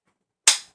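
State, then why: Seated. The metal cross-bolt safety button in a pump shotgun's trigger guard is pressed to set the gun to fire. After near silence, a single sharp, bright click lands at 0.5 s and fades out by about 0.7 s. The safety clicks into the fire position.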